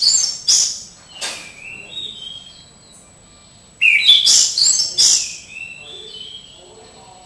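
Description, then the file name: Orange-headed Thrush singing short, bright whistled phrases mixed with sharp high notes, broken by a quiet gap, then a louder burst of varied whistles. "anis cendana"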